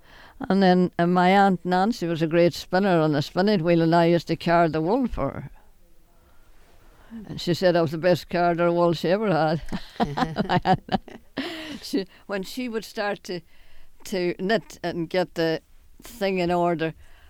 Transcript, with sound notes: And then, and my Aunt Nancy was a great spinner on the spinning wheel, and I used to card the wool for her. She said I was the best carder wool she ever had. ( they laugh ) When she would start to knit and get the thing in order,